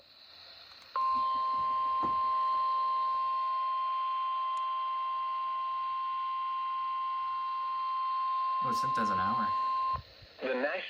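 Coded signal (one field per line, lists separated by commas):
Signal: Emergency Alert System (SAME) tones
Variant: 1050 Hz attention tone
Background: speech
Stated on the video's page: New Hampshire Required Monthly Test over NOAA Weather Radio.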